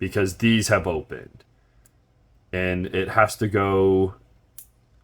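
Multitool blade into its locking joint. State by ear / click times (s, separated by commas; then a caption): seated / 4.6 s. A SOG PowerPint multitool blade is pushed all the way into its locking joint while someone talks. A sharp snap at 4.6 s marks the blade seating and locking into place.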